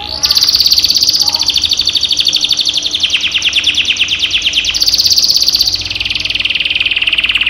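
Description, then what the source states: Canary singing continuous rapid rolling trills, switching between high whistled and lower buzzy tours without pause. Caged canary; training therapy to raise a cage bird's singing volume.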